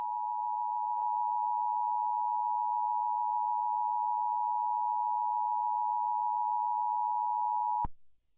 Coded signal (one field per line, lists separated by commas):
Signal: Emergency Alert System (SAME) tones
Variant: 853 and 960 Hz attention tone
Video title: EAS Mock - Oregon RMT 2011 recreation in 2020